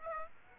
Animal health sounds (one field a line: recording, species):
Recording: mosquito wingbeat signal from an infrared sensor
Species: Aedes aegypti